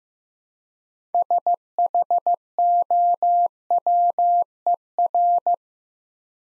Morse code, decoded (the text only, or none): SHOWER